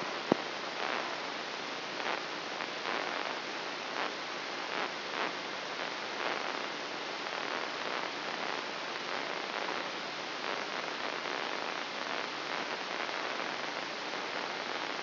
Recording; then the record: brain microelectrode recording played as sound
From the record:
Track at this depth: inside the subthalamic nucleus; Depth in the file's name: 4.11 mm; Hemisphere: left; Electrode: 3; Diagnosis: Parkinson's disease